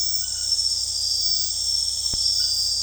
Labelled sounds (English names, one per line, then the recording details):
none
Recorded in dense forest near Puerto Asís, Putumayo, Colombia, on 21 February 2024 at 02:30
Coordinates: 0.485, -76.322
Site G6406